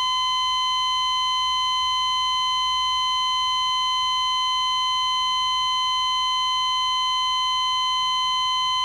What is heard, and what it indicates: Electrocardiogram flatline.